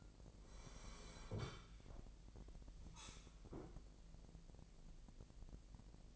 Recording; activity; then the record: daily activity, microphone in the room; sit down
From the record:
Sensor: 5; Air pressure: 1001.7 hPa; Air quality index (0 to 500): 248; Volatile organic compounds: 31 ppm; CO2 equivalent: 2976 ppm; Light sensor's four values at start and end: 47/109/45/46 and 46/109/45/46